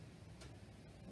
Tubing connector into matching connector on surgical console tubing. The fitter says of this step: So we're just connecting the red to red. You want to hear the snap.